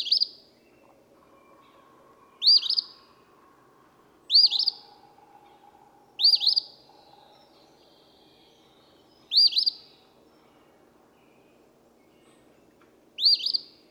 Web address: songs Eastern Phoebe